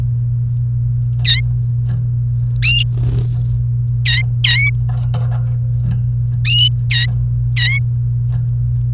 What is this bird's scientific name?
Serinus canaria